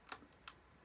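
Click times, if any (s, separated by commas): 0.5 s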